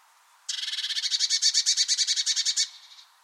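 Bird giving a single harsh, buzzy rattle of about two seconds. It is rapidly pulsed, swells in loudness, then fades into a softer trailing chatter.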